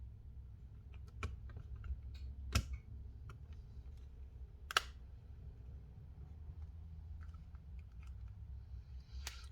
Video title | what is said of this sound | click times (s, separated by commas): Fixing/Restoring a PSP 1000 Can I Do It? (Long Video) | all right looks like everything popped into place i was really worried about the screen underneath | 1.2 s, 2.6 s, 4.7 s, 4.8 s, 9.3 s